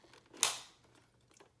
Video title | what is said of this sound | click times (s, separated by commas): ChiliPad Ooler Unboxing and Setup | so that people can see it on YouTube, and then just push this into place. You'll hear it click. | 0.4 s